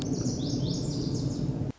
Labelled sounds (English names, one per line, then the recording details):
Lazuli Bunting
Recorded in Sonoma County, California